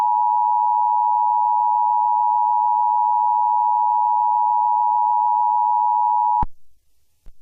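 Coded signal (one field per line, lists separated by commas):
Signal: Emergency Alert System (SAME) tones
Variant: 853 and 960 Hz attention tone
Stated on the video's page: Fictional EAS scenario series, simulated alerts.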